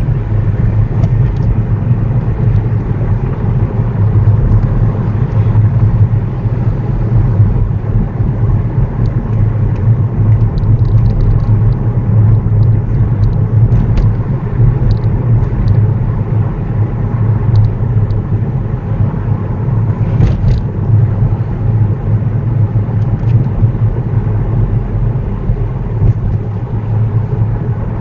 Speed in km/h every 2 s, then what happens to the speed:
35, 37, 37, 37, 37, 34, 35, 37, 37, 37, 37, 37, 40, 37.
0-28 steady at about 37.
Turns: none.